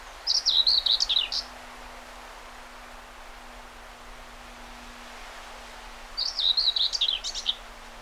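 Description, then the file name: Common whitethroat with two scratchy chattering phrases several seconds apart, each quick and jerky, over a faint steady hum and hiss. Recorded 20 May 2009. "20090520 whitethroat"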